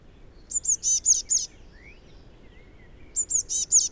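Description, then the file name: Eurasian blue tit producing fast series of high, buzzy, churring notes, two bursts, with a faint thin chirp between them. "Cyanistes caeruleus"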